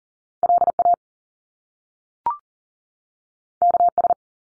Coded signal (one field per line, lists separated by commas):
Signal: Morse code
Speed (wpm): 38 wpm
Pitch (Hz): 700 Hz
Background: none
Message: LA KS